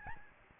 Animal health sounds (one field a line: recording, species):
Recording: mosquito wingbeat signal from an infrared sensor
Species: Aedes albopictus